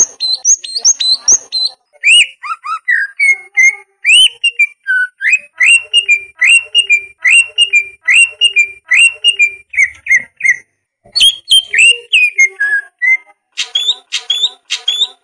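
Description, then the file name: Greater green leafbird song, a rapid varied stream of clear whistled phrases and chirps, some notes repeated in quick series, with a few high notes near the end. "cucak ijo"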